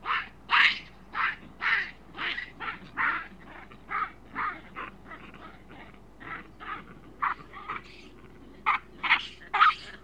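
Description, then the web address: Chacma baboon screams, harsh repeated shrieks about twice a second with uneven spacing and varying loudness throughout. Juvenile chacma baboons screaming; Africa. "BBC Sound Effects Library. Africa. Chacma Baboons"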